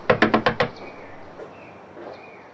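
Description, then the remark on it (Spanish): Someone kicks and pounds hard on a door, five rapid, heavy, booming thuds in an even rhythm, followed by a low, quiet background with no talking. “Abrime o tiro la puerta a patadas.”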